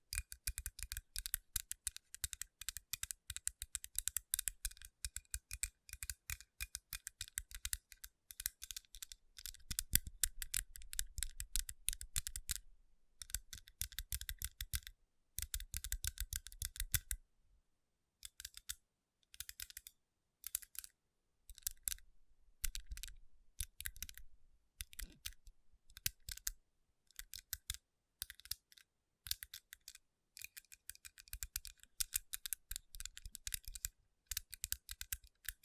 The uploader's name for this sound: Tapping & Rubbing Rhinestone Covered Palms